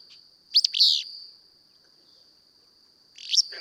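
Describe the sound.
Willow flycatcher delivering a crisp, wheezy two-part song, followed about two and a half seconds later by the start of another, over a steady high whine.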